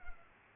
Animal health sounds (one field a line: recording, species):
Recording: mosquito wingbeat signal from an infrared sensor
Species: Culex pipiens